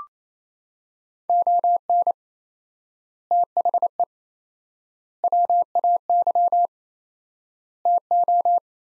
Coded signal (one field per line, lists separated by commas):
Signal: Morse code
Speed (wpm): 28 wpm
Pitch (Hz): 700 Hz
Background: none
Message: ON THE WAY TO